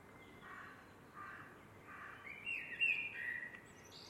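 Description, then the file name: Eurasian blackbird song: a few soft, low whistled notes, then a louder fluted warble with a brief high twitter near the end, over background hiss. "MERLES"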